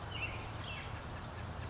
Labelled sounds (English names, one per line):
California Towhee